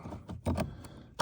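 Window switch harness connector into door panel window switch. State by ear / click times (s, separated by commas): seated / 1.2 s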